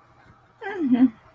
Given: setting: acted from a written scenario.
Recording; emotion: vocal sound without words; neutral